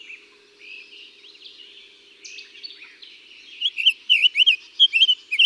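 Summer tanager song: soft slurred warbled phrases at first, then a louder run of short rising-falling whistled notes in quick succession near the end.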